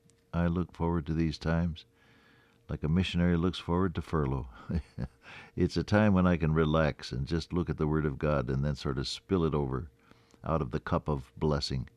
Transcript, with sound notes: I look forward to these times like a missionary looks forward to furlough. [chuckle] It’s a time when I can relax and just look at the Word of God and then sort of spill it over out of the cup of blessing,